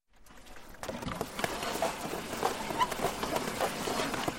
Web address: kulig zimy kon i dzwonki piszcza dzwieki